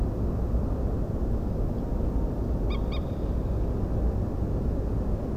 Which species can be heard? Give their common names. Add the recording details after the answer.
Common Moorhen. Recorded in France